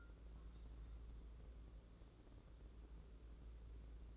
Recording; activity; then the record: daily activity, microphone in the room; take from stove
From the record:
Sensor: 3